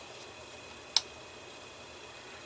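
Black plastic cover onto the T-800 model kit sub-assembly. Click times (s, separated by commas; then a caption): 1.0 s. A black plastic cover is pressed down onto a T-800 model kit sub-assembly until it snaps in place. One sharp, bright click is heard at 0.9 s over a quiet background hiss, and the cover is seated. Wait, the click time should be 1.0 at one decimal (0.96 rounds to 1.0). A black plastic cover is pressed down onto a T-800 model kit sub-assembly until it snaps in place. One sharp, bright click is heard at 1.0 s over a quiet background hiss, and the cover is seated.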